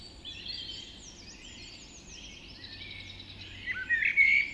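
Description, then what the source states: Birds calling in a dawn chorus, thin high whistles and twitters overlapping, ending with a louder clear whistled phrase, faint low hum behind. Dawn chorus recorded just after dawn in the Forest of Dean.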